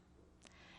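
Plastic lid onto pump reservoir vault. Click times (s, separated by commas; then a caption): 0.5 s. The plastic lid of a pump reservoir vault for a pondless Mini 10″ Cascading Falls kit is pressed down onto the vault over a steady low background hum. A single sharp snap rings out at 0.5 s as the lid seats into place.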